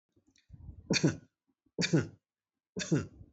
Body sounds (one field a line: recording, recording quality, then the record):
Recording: shallow voluntary cough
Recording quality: excellent, no background noise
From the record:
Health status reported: healthy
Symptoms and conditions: none ticked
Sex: male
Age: 59 years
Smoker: not ticked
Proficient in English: yes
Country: India